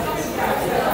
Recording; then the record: background sound without coughing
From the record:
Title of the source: 40 min - Ambience sounds UNIVERSITY lunchroom chatting